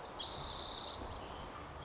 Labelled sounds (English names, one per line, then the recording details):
Lazuli Bunting
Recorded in Sonoma County, California